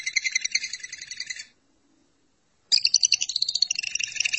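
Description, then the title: Lovebird song: brief bursts of rapid, scratchy twittering separated by a silent pause of about a second. "BM Suara Burung Lovebird"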